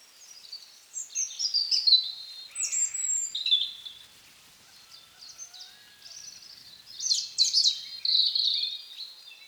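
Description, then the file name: European robin song, almost continuous: liquid high warbles and descending slurs, dipping briefly around four seconds before rising into fresh, bright, jangling phrases. "Erithacus rubecula"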